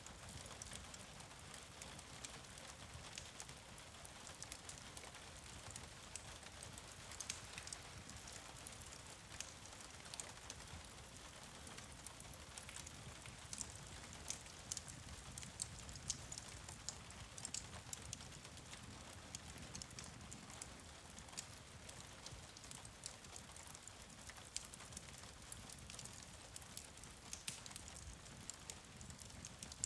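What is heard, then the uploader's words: Steady rain patters densely on a surface, with frequent bright drips and crackles scattered throughout over a soft low rumble, unchanging for the whole stretch. Rainy Vermont Bed and Breakfast. Cozy fire and rain ambience. Bennington Bed and Breakfast just below the towering Battle Monument.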